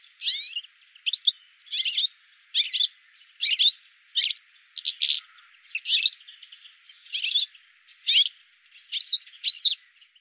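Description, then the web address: Bird calls, sharp scratchy chirps repeated about every second, now and then joined by a thin level whistle, over a quiet background. "cianscape birddata"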